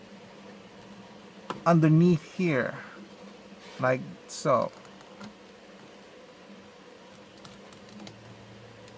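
Someone talks while fitting the two spines of a plastic cowl piece under the edge of a Hot Toys Batman Returns MMS770 1/6 scale action figure's head/neck and lining it up. Only small handling ticks are heard, around 1.5, 7.5 and 8.1 seconds. The cowl piece has not clicked into place yet.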